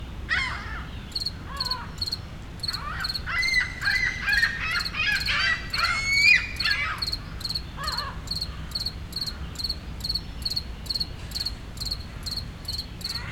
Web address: Articulated Sounds - Nature in the City AMB PARK Solo Cricket, Seagulls, City Rumble, Montreal, Canada